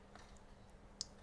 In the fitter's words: That's it. Nice little click there.